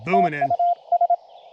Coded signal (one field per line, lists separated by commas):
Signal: Morse code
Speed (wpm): 23 wpm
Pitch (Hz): 700 Hz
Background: speech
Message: TUS